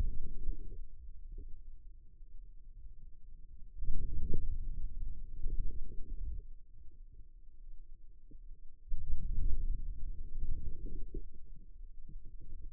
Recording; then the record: forearm muscle sounds (acoustic myography)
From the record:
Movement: outward rotation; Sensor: system 2, bracelet of six BSWA MPA416 microphones around the upper forearm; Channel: 2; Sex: male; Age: 22 years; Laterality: right